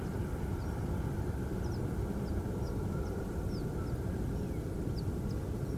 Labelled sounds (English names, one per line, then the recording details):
Western Yellow Wagtail
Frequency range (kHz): Western Yellow Wagtail 4.1-7.0 kHz
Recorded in France